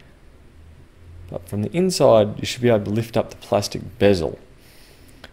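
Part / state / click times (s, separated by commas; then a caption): plastic screen bezel clip on a laptop display lid / released / 5.2 s. A plastic screen bezel on the display lid of an Acer Nitro 5 laptop is lifted from the inside during an LCD screen replacement while someone talks. At 5.2 s the bezel clip releases with a short, sharp click or pop as it pops free.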